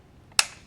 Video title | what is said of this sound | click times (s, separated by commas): Lee Enfield No.1 Mk. III* (SMLE) Review Part 1 of 3 | and just push it back down until it clicks Clips back into the rail | 0.4 s